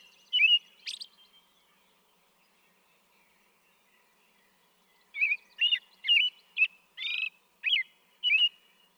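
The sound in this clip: American robin singing: a whistled note and a thin high squeak, a long pause, then a run of seven caroling notes including one buzzy, rasping syllable.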